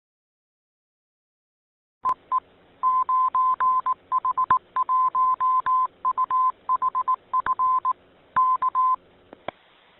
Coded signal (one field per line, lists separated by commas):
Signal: Morse code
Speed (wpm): 18 wpm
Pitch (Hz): 1030 Hz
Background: none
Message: EE 9H1UHF K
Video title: 30. 9H-HAM GlobalNet - Main topic: Open [26 May 2022]